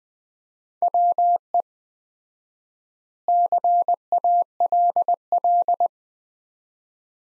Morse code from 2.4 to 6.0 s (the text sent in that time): CALL